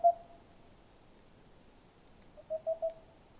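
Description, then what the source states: Boreal owl song: soft, low hollow hoots, one alone and then a quick run of three evenly spaced hoots, over a quiet background. Male singing around a nest hole in a large dead tree in the middle of a forest, Haut-Diois, France, 15 April 2020, recorded on a Nagra LB with stereo omni MKH20 microphones.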